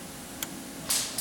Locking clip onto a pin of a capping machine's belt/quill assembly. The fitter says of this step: You're gonna hear a small click and that'll be a sign that it's engaged.